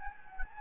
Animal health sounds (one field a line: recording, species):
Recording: mosquito wingbeat signal from an infrared sensor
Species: Anopheles gambiae